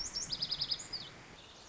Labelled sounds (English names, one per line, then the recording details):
Lazuli Bunting
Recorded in Sonoma County, California